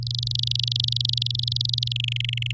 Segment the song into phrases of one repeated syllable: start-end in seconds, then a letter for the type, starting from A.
0.03-1.93 A, 1.96-2.52 B